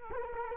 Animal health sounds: mosquito wingbeat signal from an infrared sensor; Culex quinquefasciatus

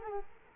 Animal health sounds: mosquito wingbeat signal from an infrared sensor; Culex quinquefasciatus

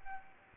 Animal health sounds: mosquito wingbeat signal from an infrared sensor; Aedes albopictus

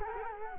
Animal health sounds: mosquito wingbeat signal from an infrared sensor; Culex quinquefasciatus

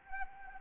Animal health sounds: mosquito wingbeat signal from an infrared sensor; Anopheles arabiensis

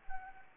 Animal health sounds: mosquito wingbeat signal from an infrared sensor; Anopheles arabiensis

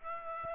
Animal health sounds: mosquito wingbeat signal from an infrared sensor; Aedes aegypti

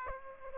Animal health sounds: mosquito wingbeat signal from an infrared sensor; Aedes aegypti

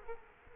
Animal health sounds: mosquito wingbeat signal from an infrared sensor; Culex quinquefasciatus

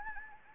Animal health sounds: mosquito wingbeat signal from an infrared sensor; Anopheles gambiae

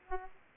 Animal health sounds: mosquito wingbeat signal from an infrared sensor; Aedes aegypti

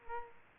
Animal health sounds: mosquito wingbeat signal from an infrared sensor; Aedes aegypti

